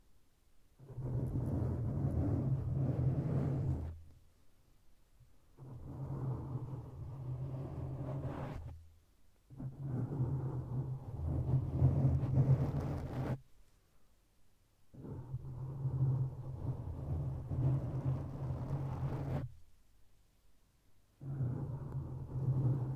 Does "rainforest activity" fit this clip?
no